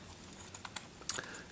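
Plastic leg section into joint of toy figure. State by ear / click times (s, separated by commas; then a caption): seated / 0.8 s, 1.1 s. A plastic leg section of a Transformers Masterpiece StarSaber toy figure is brought up into its joint, with faint plastic ticks at 0.6 and 0.7 seconds. Sharp clicks follow at 0.8 and 1.1 seconds as the leg locks into place.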